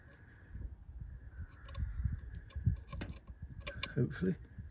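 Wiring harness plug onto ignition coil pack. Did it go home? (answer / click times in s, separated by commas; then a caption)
no / none. Someone handles the wiring harness plug while pushing it back toward the new ignition coil pack on a Vauxhall 1.4 Ecotec engine, and briefly talks. Soft rustles and small sharp handling taps are heard, the loudest near 3.0 s and 3.8 s. Nothing has seated or clicked yet.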